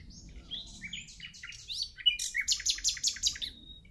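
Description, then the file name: Common nightingale song, a jumble of quick whistled and slurred notes building into a loud, rapidly repeated rattling series near the end. "Luscinia megarhynchos"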